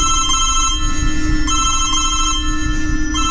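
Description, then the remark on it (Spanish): A mobile phone rings with a repeating electronic ringtone, bright high tones pulsing in bursts roughly every second, over a steady low hum with no talking. “Venga, cógelo.”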